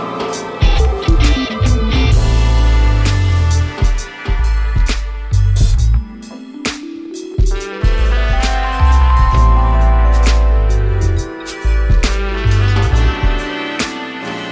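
Montreal sound: heavy bass notes pulse under layered sustained tones, with sharp hits throughout and a rising pitched sweep around six to eight seconds.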